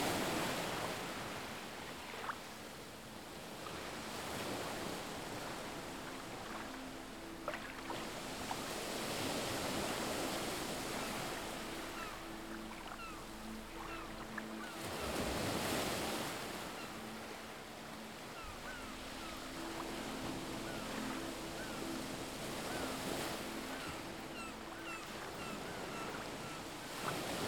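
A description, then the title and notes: Surf on a deserted beach washes in steady swells, with a low droning hum in the middle and faint chirps scattered throughout. On a deserted beach.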